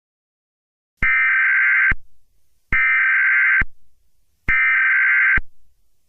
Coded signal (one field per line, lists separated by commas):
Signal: Emergency Alert System (SAME) tones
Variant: header bursts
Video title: eas scenario catemojibabyheat part 10